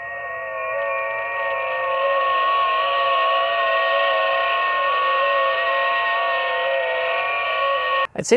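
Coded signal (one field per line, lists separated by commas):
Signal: FT8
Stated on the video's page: Signal from the new Xiegu X6200 ultra-portable QRP radio.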